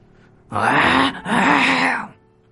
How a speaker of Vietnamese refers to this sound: không ngừng phát ra tiếng gầm thét trầm thấp về phía của Lâm Động